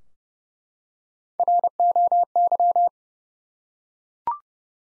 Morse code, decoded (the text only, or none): ROY